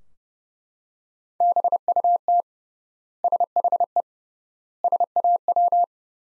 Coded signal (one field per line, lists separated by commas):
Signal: Morse code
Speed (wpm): 32 wpm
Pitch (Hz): 700 Hz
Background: none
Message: BUT SHE SAW